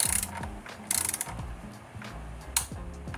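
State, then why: Torque reached. A bolt on an Ecotec 1.4L engine is tightened with a click-type torque wrench set to 79 inch-pounds. Rapid ratcheting strokes build up to one sharp, loud click at 2.6 s, confirming the bolt is torqued.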